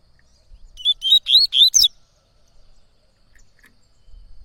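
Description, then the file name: Yellow-bellied Seedeater giving a single brisk run of several clear, upslurred whistled notes, then quiet. Singing a lot; tui-tui song style. "Coleiro Baiano Cantando Muito Canto Tui Tui"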